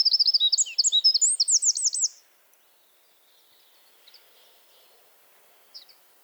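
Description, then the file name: Eurasian wren song: a brisk two-second run of high, jangling trills closing with looped notes, followed by quiet with faint chips. "Troglodytes troglodytes"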